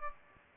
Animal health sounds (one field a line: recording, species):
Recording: mosquito wingbeat signal from an infrared sensor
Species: Aedes albopictus